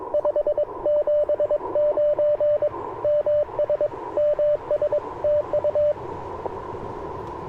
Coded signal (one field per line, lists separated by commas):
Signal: Morse code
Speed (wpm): 22 wpm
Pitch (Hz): 590 Hz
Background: radio noise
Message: 579 MS MS TU